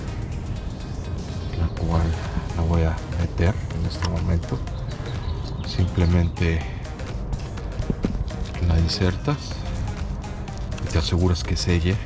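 An oil pressure control valve for a Jetta MK7 is lined up and inserted into the engine block bore while someone talks over background music. The valve is being pushed in so it seals, and a few short knocks are heard around 7.3, 8.3 and 10.5 seconds. Nothing has seated or clicked yet.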